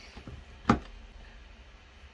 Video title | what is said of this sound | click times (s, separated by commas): My first few weeks with the Microsoft Surface Laptop Studio | it is completely solid but pops off nice and easily but you can hear it snaps right into place | 0.7 s